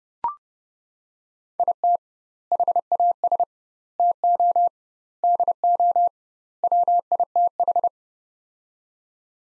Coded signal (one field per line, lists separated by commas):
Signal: Morse code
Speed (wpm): 30 wpm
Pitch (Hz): 700 Hz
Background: none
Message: IT HAS TO DO WITH